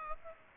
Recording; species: mosquito wingbeat signal from an infrared sensor; Aedes aegypti